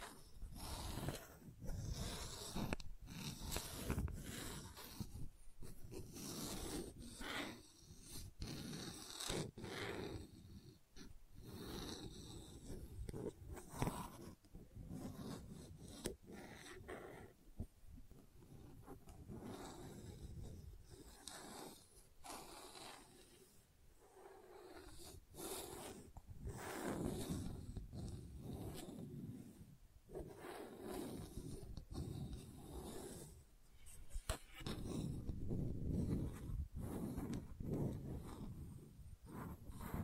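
Gentle scratching carries on for the whole stretch, a steady run of soft, rasping strokes with frequent brief sharper bursts every second or so. The sound is dense and mostly low and muffled, with a slight easing around the middle and a fuller patch near the end.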